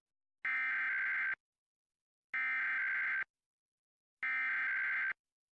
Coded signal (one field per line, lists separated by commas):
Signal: Emergency Alert System (SAME) tones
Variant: header bursts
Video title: TV EAS Required Monthly Test For NJ on WMCN (EAS #368)